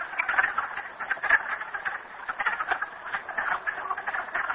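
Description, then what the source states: Overlapping frog calls, rapid ratcheting pulses forming a dense, steady chorus. Frogs recorded at Merryspring.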